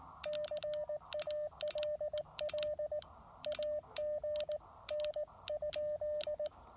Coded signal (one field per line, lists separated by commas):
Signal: Morse code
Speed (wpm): 18 wpm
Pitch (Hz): 600 Hz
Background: none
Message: CALL AGN?